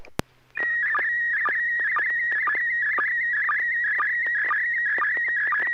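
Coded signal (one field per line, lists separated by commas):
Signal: SSTV (slow-scan television)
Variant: PD 120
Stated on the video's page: SSTV net on an FM repeater on 441.300 MHz, sent with MMSSTV software.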